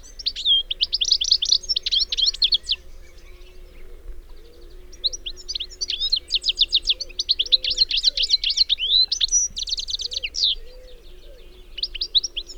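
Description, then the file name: European goldfinch song in long bursts of fast, sparkling chirps and trills, separated by short pauses, over a soft steady background hum. "Carduelis carduelis"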